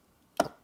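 A DDR4 memory stick is pushed down into a motherboard DIMM slot until the retaining bracket clicks. A single sharp click sounds at 0.4 s against near silence, followed by a brief fading rattle. Both sides are confirmed clicked, and the RAM is seated.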